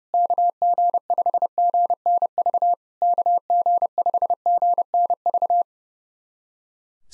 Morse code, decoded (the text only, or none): KG5GNV KG5GNV